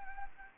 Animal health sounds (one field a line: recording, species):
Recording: mosquito wingbeat signal from an infrared sensor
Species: Anopheles gambiae